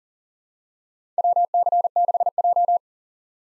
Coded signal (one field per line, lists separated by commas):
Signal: Morse code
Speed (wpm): 40 wpm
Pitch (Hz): 700 Hz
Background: none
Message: WC6J